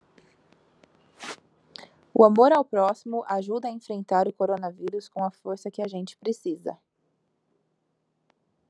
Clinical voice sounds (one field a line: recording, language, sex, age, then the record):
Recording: spoken sentence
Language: Brazilian Portuguese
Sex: female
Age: 20 to 29 years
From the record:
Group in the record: control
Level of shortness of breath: 0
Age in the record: 27 years